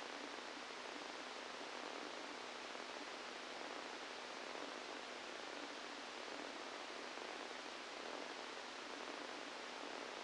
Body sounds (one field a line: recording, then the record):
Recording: brain microelectrode recording played as sound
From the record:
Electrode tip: inside the subthalamic nucleus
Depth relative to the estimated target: -3 mm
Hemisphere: left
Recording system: NeuroSet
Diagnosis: Parkinson's disease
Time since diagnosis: 17 years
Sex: male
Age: 64 years